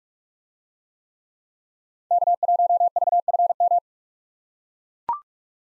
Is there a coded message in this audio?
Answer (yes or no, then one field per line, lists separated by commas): yes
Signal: Morse code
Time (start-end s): 2.1-3.8 s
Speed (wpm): 42 wpm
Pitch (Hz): 700 Hz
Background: none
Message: K1VFM